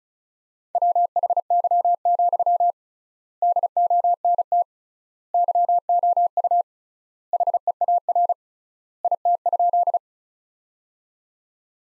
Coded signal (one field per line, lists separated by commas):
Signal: Morse code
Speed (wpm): 36 wpm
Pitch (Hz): 700 Hz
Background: none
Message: WHY, DONT YOU HEAR IT?